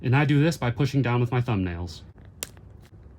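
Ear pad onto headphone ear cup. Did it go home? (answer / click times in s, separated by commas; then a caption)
no / none. Someone talks while a replacement Aurivor ear pad with a plastic lip is lined up against the inside ridge of a Bose headphone ear cup, to be pressed into place with the thumbnails. After the talking stops, only faint handling noise follows. Nothing has clicked or seated yet.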